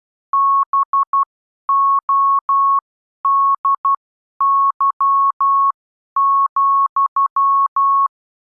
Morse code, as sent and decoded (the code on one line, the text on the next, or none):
-... --- -.. -.-- --..--
BODY,